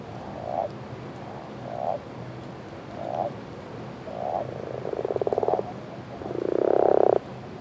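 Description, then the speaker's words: Common toads and common frogs calling: a regular series of short croaks, then a pulsed trill and a loud grating burst, with running water behind. Common toads and common frogs calling together in a breeding chorus on a lake at night in late winter, 22 February 2014, Drôme; barely 10 degrees; pond spillway in background; Nagra recorder, two MKH40 microphones. "Crapauds communs et grenouilles rouges chantent. Pourtant, il fait à peine 10 degrés euh, sur le lac."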